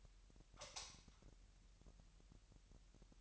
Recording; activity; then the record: daily activity, microphone in the room; light off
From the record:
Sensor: 3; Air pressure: 1001.8 hPa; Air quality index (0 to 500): 245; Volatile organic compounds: 47 ppm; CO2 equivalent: 3258 ppm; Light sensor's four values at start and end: 12/32/13/12 and 6/13/5/5